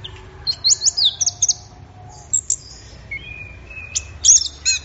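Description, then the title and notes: Orange-headed thrush song with a burst of fast, high twittering notes, a pause, then a flat whistle and sharp chirps. Bird in full, intense song (gacor teler), used for training songbirds; Indonesian name anis merah. "Anis Merah Gacor Teler Untuk. Kumpulan Suara Burung Anis Offline"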